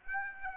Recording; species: mosquito wingbeat signal from an infrared sensor; Aedes aegypti